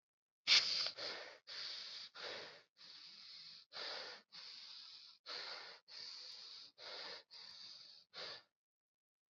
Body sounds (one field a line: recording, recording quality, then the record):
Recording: deep breathing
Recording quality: excellent, no background noise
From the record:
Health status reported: COVID-19 positive, mild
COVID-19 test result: positive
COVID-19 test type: rapid antigen test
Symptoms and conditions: cough, cold, fever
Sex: male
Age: 23 years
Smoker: no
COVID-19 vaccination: both doses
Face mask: worn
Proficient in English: yes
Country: India